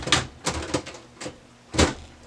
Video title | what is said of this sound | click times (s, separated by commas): HP M404dn - How to Change Toner - Onyx Imaging | you hear it click in there you know it's installed correctly | 0.1 s